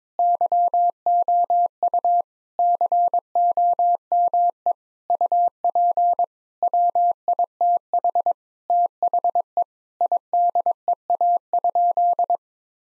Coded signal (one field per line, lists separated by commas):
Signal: Morse code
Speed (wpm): 22 wpm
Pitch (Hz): 700 Hz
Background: none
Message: YOU COME UP WITH THE IDEA?